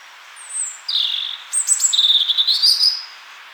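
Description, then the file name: European robin: songbird song: a thin, high descending note, a short whistle, then a fast, rippling trill that rises at the end, over a steady hiss. "Erithacus rubecula"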